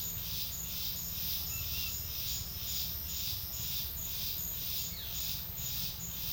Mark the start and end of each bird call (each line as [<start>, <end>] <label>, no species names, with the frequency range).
[1.50, 1.95] bird call (1.2-3.7 kHz)
[4.89, 5.04] bird call (1.9-4.6 kHz)